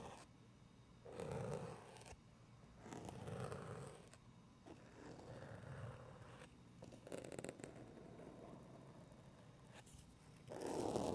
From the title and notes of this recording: ASMR medium gentle tapping and scratching. Wooden toy memories, building blocks, books with puffy covers.